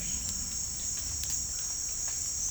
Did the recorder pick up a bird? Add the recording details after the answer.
no. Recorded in dense forest near Puerto Asís, Putumayo, Colombia, on 16 December 2024 at 17:30. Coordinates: 0.466, -76.327. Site G075